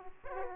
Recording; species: mosquito wingbeat signal from an infrared sensor; Aedes aegypti